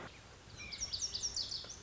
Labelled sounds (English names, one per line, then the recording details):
Lazuli Bunting
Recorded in Sonoma County, California